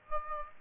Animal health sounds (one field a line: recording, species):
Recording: mosquito wingbeat signal from an infrared sensor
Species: Aedes aegypti